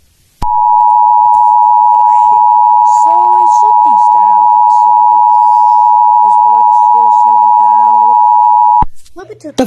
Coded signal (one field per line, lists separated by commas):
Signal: Emergency Alert System (SAME) tones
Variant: 853 and 960 Hz attention tone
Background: speech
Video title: This Is Not A Test...(Dom's EAS broadcast)